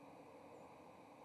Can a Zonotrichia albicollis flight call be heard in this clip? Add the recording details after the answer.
no. Another species' flight call is heard. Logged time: 08:53 on 30 October 2014